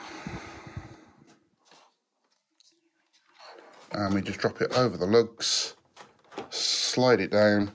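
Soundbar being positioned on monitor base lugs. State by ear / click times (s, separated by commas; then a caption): not seated / none. A Dell AX510 soundbar is brought up to the bottom of a Dell monitor and positioned over the lugs on the monitor base, ready to be slid down and latched. Soft handling rustle fills the first second and a half, a faint tick comes at 2.6 s, and then someone talks. Nothing has clicked or latched into place yet.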